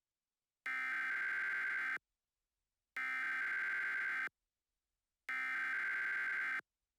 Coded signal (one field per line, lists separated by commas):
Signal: Emergency Alert System (SAME) tones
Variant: header bursts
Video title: Eas Scenario TheSuperiorRace Part One